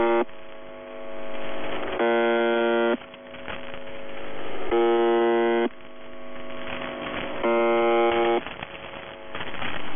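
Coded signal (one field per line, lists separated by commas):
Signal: channel marker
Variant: UVB-76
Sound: short harsh buzzes about a second long, roughly four in ten seconds, over hiss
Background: radio static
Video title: [UVB-76, The Buzzer] Voice Message; 19. August 2021, 12:34 UTC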